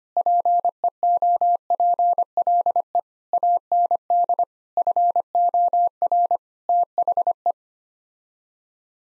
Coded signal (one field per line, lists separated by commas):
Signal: Morse code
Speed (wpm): 25 wpm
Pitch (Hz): 700 Hz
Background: none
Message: PEOPLE AND FOR THE